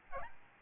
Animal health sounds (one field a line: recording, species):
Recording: mosquito wingbeat signal from an infrared sensor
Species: Aedes albopictus